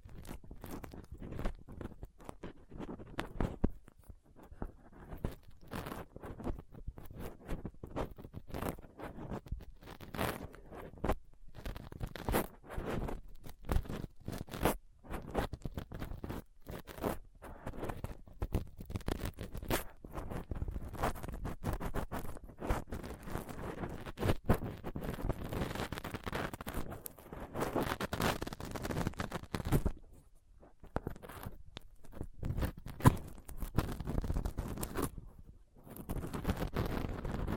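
A microphone is picked and scraped with a dental pick, tweezers and a cotton swab, making dense, rough scratching and clicking that runs almost without pause. Brief quiet gaps fall near 4, 30 and 35 seconds, and the rasping grows fuller and louder in the second half.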